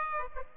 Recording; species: mosquito wingbeat signal from an infrared sensor; Aedes aegypti